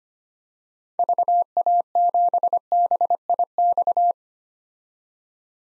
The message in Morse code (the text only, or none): VA7BIX